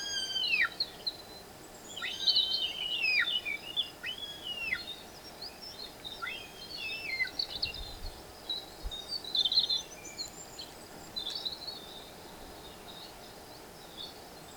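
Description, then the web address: African barbet calls: repeated arched whistles that rise then drop steeply, mixed with higher chattering notes, over a steady background hiss. "Lybiidae. صدای-پرنده-ریش-مرغان-آفریقایی"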